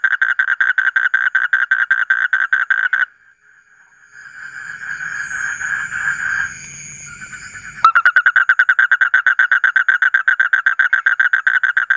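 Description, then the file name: Asian common toad trilling in quick, steady pulses, breaking off for several seconds of hiss and hum, then resuming the same rapid pulsed trill. "suara kodok bangkong kolong kodok buduk"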